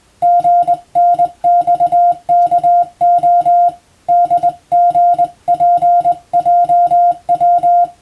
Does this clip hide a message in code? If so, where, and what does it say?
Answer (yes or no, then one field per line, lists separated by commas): yes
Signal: Morse code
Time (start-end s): 0.2-7.8 s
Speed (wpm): 20 wpm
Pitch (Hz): 700 Hz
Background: music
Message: GNXKO DGPJW